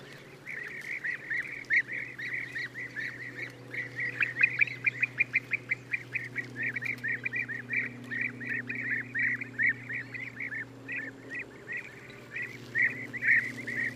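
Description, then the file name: European bee-eater calls, purring rolled notes given in quick runs by several birds at once, steady throughout, over a faint low drone. "gyurgyalag"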